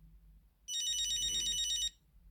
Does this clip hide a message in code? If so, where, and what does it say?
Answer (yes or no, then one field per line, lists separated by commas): no